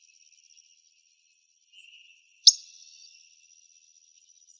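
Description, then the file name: Pyrrhuloxia making one crisp metallic chip, preceded by a brief soft twitter, over a continuous high insect drone. Calls recorded in Arizona. "PYRR CALLS deviche"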